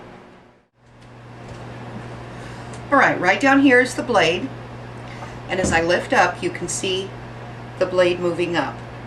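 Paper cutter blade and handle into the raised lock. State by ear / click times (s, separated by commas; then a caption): not seated / none. The steel blade of an industrial paper cutter is raised by lifting its handle toward the raised lock position while someone talks over a steady low hum. No distinct mechanical click stands out, and nothing has seated or locked yet when the clip ends.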